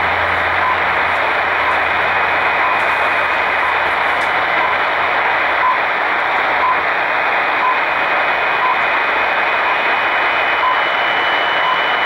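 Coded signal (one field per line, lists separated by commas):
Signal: radio time signal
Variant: RWM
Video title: RWM Moscow time pips on 9996 khz Tecsun pl-600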